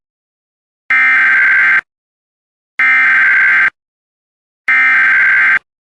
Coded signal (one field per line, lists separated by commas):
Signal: Emergency Alert System (SAME) tones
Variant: header bursts